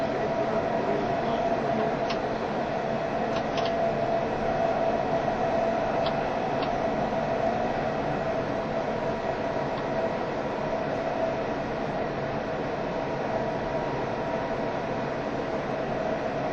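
Inside an E351 series Super Azusa express train running between Hachioji and Shinjuku, a steady dense rumble and roar fills the whole clip at an even level. A faint hum runs throughout, with a few brief clicks or squeaks around seconds two to four and six.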